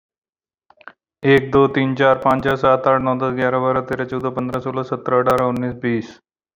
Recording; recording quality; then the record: counting at a fast pace; excellent, no background noise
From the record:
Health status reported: exposed to COVID-19, no respiratory illness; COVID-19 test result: negative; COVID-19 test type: RT-PCR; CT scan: taken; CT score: 5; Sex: male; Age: 36 years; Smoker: yes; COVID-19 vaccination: one dose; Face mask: not worn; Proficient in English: yes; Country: India